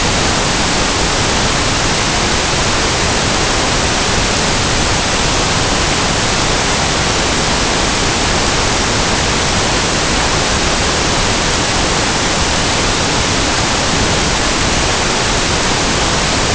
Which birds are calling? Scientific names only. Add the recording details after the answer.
none. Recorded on Arctic tundra, site NAIT-1, on 23 June 2018. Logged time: 19:00